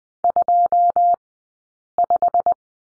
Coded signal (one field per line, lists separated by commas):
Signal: Morse code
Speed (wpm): 20 wpm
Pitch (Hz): 700 Hz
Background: none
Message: 25